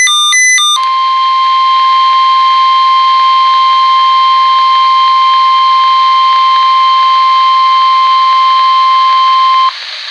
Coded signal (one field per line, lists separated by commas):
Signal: Emergency Alert System (SAME) tones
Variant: 1050 Hz attention tone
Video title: 6 NOAA Required Weekly Tests || 2/7/24 (EAS #2,310-2,315)